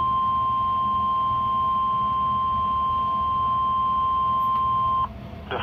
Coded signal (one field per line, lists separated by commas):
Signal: Emergency Alert System (SAME) tones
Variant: 1050 Hz attention tone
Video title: EAS Alert #96: Tornado Warning for 2 Wisconsin Counties (October 3, 2018)